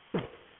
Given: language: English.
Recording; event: throat vibration sensor signal played as sound; cough